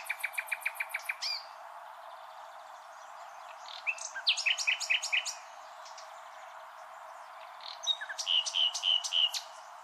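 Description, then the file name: Common nightingale song with fast trills of repeated notes, a pause, then rich varied phrases and a final series of loud whistled, repeated notes. "Luscinia megarhynchos"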